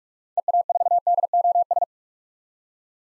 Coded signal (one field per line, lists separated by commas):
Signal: Morse code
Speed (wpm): 46 wpm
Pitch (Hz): 700 Hz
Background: none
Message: EA4DOS